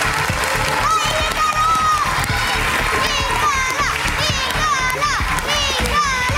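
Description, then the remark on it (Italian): A crowd of young girls at a talent show event screaming a contestant's name, their shrill overlapping cries rising and falling continuously over a loud, steady crowd din, with no pause throughout. “Sento delle ragazzine che urlano il mio nome.”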